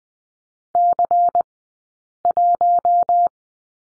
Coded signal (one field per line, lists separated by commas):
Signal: Morse code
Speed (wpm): 20 wpm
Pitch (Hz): 700 Hz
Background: none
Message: C1